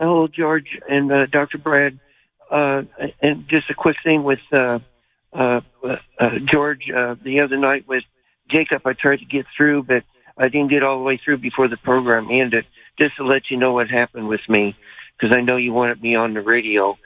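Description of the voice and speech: An adult man speaks at an ordinary pitch over a narrow, telephone-quality line, with a few brief "uh" hesitations and natural pauses between phrases. Articulation and voice are clear, so this is typical fluent conversational speech.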